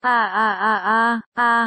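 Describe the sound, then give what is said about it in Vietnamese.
A pitiful, wailing scream from an abandoned house rises and falls in a long wavering cry, breaks off, then returns in a shorter burst. It is loud and voiced, with no other talk. “Tiếng hét nghe thảm thương, khiến hắn không thể kiềm lòng chạy vào.”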